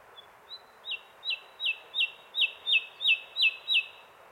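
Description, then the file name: Common nightingale song: about ten sharp, descending whistled notes repeated at a steady pace, growing louder at first. "Luscinia megarhynchos"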